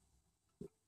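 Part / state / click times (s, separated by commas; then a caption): hammer/anvil mechanism part into impact wrench housing / not seated / none. During an anvil swap on a Milwaukee mid-torque cordless impact wrench, the internal hammer/anvil mechanism part is worked back and forth inside the wrench housing. Faint low handling noise is followed by a single short, dull low-pitched bump at about 0.6 s. Nothing has seated or clicked yet.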